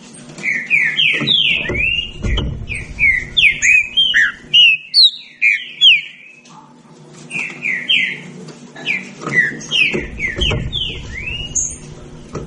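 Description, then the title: Green-winged saltator song in two bursts of rich, slurred whistles, a busy stretch, a quiet gap near seven seconds, then more phrases, with low rumbling underneath. Birds singing against each other in a song dispute. "Trinca Ferro Nicao"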